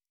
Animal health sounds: hydrophone in a shrimp aquaculture tank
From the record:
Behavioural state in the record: normal

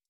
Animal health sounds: hydrophone in a shrimp aquaculture tank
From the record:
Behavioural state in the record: stressed

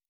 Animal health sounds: hydrophone in a shrimp aquaculture tank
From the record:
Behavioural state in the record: normal

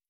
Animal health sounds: hydrophone in a shrimp aquaculture tank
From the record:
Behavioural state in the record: starved

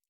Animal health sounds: hydrophone in a shrimp aquaculture tank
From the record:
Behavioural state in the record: normal

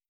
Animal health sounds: hydrophone in a shrimp aquaculture tank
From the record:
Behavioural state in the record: starved

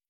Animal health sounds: hydrophone in a shrimp aquaculture tank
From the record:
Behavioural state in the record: starved

